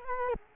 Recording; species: mosquito wingbeat signal from an infrared sensor; Culex quinquefasciatus